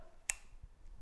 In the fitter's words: 시계방향으로 돌려 주시면 딸깍